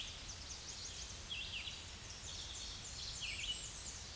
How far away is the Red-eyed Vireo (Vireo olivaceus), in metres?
about 40 m